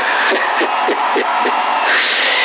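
Loud, steady wind noise roars through a thin, narrow-band CB radio transmission in Sassari, with soft rhythmic puffs of rumble pulsing roughly every quarter second and no voices.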